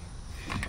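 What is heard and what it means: A click-type torque wrench tightens a wheel lug nut while the non-directional tires of a 2007-2010 Honda CR-V are being rotated. Steady low mechanical noise runs throughout, with two brief sharp sounds near 0.5 and 0.6 seconds, but the wrench has not clicked. The nut has not reached torque, so it is left and the next nut in the star pattern is tightened.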